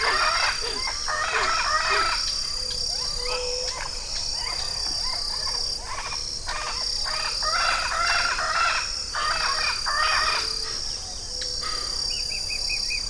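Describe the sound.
Bird producing repeated bursts of rough, harmonic chatter separated by brief pauses, over a continuous high hiss.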